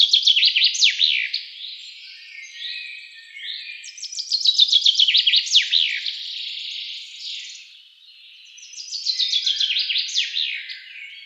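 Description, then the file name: Common chaffinch song: three bright, descending trill phrases, each ending in a quick flourish, with pauses between. "Fringilla coelebs"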